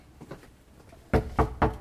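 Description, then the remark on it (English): Three firm, evenly spaced knocks on a door ring out loud and sharp, preceded by a couple of faint, soft taps. No one speaks. “Could we maybe try our door?”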